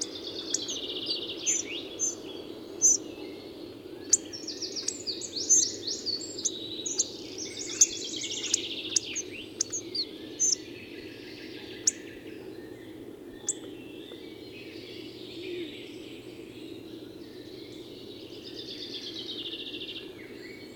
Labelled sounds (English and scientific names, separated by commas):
Hawfinch (Coccothraustes coccothraustes)